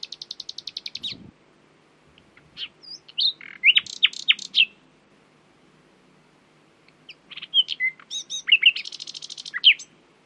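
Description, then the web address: Common nightingale song with a rapid high trill, scattered liquid whistles and sharp notes, a quiet gap, then more varied phrases and a fast trill. "owen Common Nightingale (Luscinia megarhynchos)"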